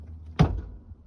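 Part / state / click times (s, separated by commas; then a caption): hood release handle and primary hood latch of an SUV / released / 0.4 s. On a 2016 Ford Explorer SUV, the interior hood release handle under the dashboard is pulled toward the person, and the primary hood latch releases with a sharp click at 0.4 s. The hood pops open and rests on the secondary safety catch.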